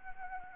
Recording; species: mosquito wingbeat signal from an infrared sensor; Anopheles arabiensis